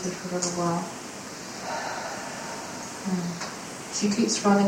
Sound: sighed very deeply

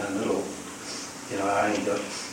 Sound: sniff sniff

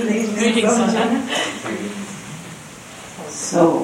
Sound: we are still laughing

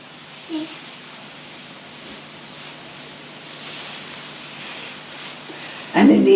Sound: A little tiny voice of the child who has these things on her mind

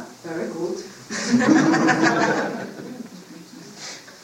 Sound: laughter

